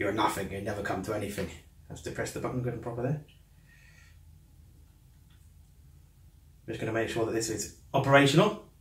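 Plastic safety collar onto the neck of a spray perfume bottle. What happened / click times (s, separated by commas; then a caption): The plastic collar is being handled but has not clicked home yet / none. A man talks while handling the plastic safety collar on the neck of a 10-year-old Jean Paul Gaultier Le Male spray perfume bottle, pushing it back on to check it works after it had been sticking up and not quite in position. A quiet stretch of low hum from about 3.2 to 6.7 seconds separates bursts of speech. The clip ends before the collar goes home, so nothing has seated or clicked yet.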